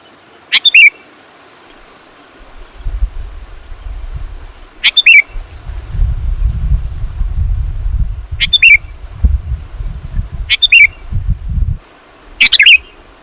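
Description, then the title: Sooty-headed bulbul uttering short liquid chirping phrases several seconds apart, with low rumbling noise through the middle of the recording. "kutilang"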